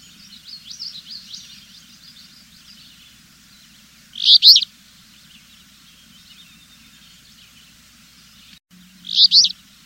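Bird uttering short, sharp double chirps about five seconds apart, with a faint thin twittering early on and a quiet low hum beneath.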